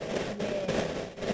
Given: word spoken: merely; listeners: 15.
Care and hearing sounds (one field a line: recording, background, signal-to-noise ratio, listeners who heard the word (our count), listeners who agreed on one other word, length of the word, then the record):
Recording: one English word in noise, from a listening test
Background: noise modulated by three-talker babble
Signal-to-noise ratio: -6.4 dB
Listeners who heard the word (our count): 0 of 15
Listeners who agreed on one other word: 8 of 15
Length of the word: 0.94 s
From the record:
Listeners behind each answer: 8, 3, 1, 1, 1, 1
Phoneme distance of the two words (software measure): 24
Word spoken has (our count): 2 syllables, 4 phonemes, stress on syllable 1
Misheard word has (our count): 1 syllable, 2 phonemes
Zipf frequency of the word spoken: 3.83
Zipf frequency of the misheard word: 5.08